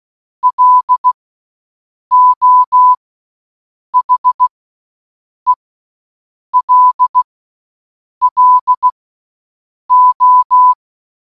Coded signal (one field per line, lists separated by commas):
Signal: Morse code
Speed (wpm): 16 wpm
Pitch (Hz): 1000 Hz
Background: none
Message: LO HELLO